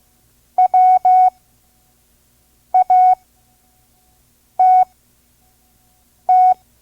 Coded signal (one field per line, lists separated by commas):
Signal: Morse code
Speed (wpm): 15 wpm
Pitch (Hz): 740 Hz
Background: none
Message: WATT